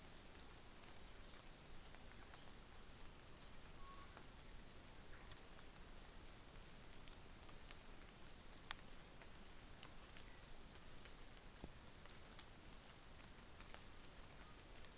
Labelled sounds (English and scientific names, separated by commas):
New Zealand Fantail (Rhipidura fuliginosa)